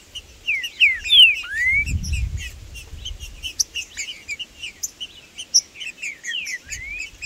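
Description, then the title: Green-winged saltator slurred whistles and rapid chips, a quick flurry early on, then busy chipping and a few more swept whistles, with low background rumble. Wild free-living trinca-ferro singing in the bush, 'macheando' (male display singing) in a dispute with rivals; birds named Blindado and Tufão. "Trinca Ferro no MATO Cantando e Macheando muito com Solto! Blindado e Tufão no mato"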